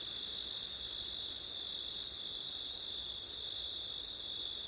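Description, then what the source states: Cricket: short stretch of constant cricket trilling, high and even, with faint low wind noise below. Crickets on a September night in wind, recorded with an ORTF stereo setup.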